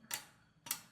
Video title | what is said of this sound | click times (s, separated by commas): Wall mounted closet എങ്ങനെ fit ചെയ്യാം detailed videos ✅ | lock ആയിട്ടുണ്ട് | 0.1 s, 0.7 s